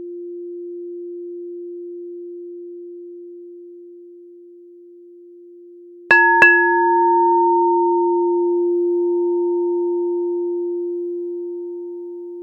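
A crystal singing bowl hums a steady, pure low tone that swells and fades slightly over the first six seconds. Around six seconds, two quick strikes land half a second apart, adding a bright ringing overtone that lingers while the low hum grows stronger, then gradually softens.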